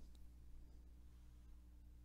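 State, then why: Not seated. A video disc in its inner sleeve is handled at the front loading slot of a video disc player, ready to go in. A steady low hum runs throughout with faint, soft handling noise and no sharp transients. Nothing has seated or clicked yet.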